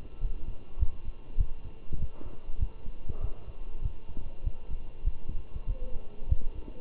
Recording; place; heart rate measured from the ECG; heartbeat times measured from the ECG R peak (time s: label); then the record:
heart sounds by stethoscope; between the tricuspid and mitral areas; 99 bpm
0.21 s: heartbeat
0.80 s: heartbeat
1.38 s: heartbeat
1.99 s: heartbeat
2.60 s: heartbeat
3.21 s: heartbeat
3.82 s: heartbeat
4.44 s: heartbeat
5.05 s: heartbeat
5.67 s: heartbeat
6.29 s: heartbeat
From the record:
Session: walking at 3.7 km/h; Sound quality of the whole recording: good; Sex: male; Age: 23 years